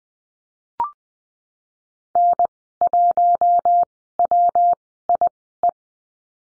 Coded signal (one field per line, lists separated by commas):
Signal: Morse code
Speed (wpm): 20 wpm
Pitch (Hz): 700 Hz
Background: none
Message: N1WIE